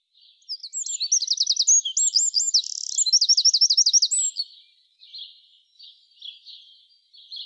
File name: Troglodytes troglodytes